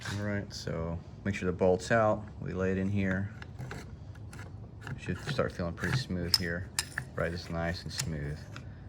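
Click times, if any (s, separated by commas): none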